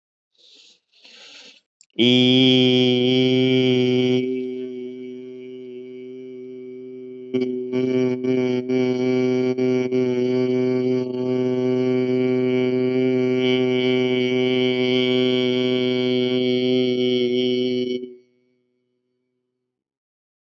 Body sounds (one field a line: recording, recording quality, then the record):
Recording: sustained vowel as in beet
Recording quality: excellent, no background noise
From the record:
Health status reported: healthy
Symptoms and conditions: cough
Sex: male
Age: 32 years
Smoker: not ticked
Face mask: not worn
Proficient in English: yes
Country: United States